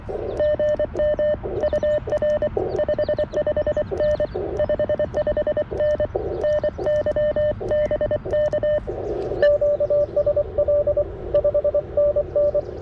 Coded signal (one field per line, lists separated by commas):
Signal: Morse code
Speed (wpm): 24 wpm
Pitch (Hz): 590 Hz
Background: radio noise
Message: GM UR 55N 55N NY BK QSL 5NN